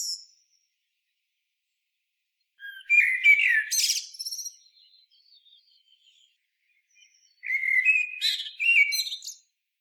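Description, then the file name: Common blackbird song, two separate phrases about five seconds apart, each a low mellow warble ending in a scratchy high-pitched twitter, with quiet between. "Turdus merula"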